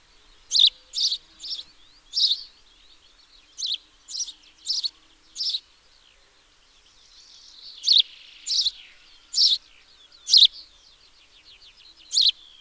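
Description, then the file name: House sparrow giving a run of sharp, harsh chirps, roughly one per second. "Passer domesticus"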